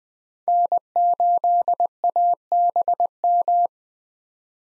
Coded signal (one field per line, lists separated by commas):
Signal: Morse code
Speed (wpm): 20 wpm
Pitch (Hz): 700 Hz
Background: none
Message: N8ABM